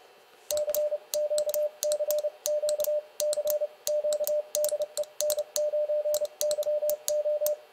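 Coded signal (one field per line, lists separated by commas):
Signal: Morse code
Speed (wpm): 30 wpm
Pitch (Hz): 600 Hz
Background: none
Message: CQ CQ CQ DE N9YO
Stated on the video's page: Morse code speed challenge at around 30 to 35 WPM.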